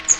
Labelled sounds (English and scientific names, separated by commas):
Magnolia Warbler (Setophaga magnolia) flight call